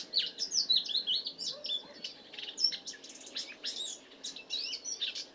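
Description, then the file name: Eurasian blackcap warbling, with quick twittered phrases and scratchy notes pouring out continuously, over faint low background noise. "Sylvia atricapilla"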